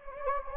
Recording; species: mosquito wingbeat signal from an infrared sensor; Anopheles gambiae